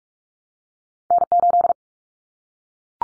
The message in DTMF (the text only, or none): none